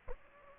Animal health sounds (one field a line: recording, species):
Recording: mosquito wingbeat signal from an infrared sensor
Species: Aedes aegypti